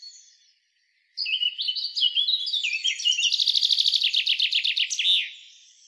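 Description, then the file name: Common chaffinch singing one full phrase: a few sliding introductory notes give way to a fast rattling trill that drops slightly and closes with a sharp terminal flourish. "Fringilla coelebs"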